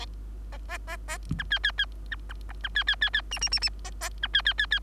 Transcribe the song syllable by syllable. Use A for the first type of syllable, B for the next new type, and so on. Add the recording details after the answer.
A A A A B C C C B B D B C C C C E E E E A A B C C C C. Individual Bird3